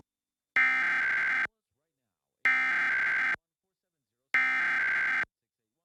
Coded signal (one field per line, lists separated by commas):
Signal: Emergency Alert System (SAME) tones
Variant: header bursts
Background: speech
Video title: Pennsylvania Required Monthly Tests (10/21/21)(EAS 959-964)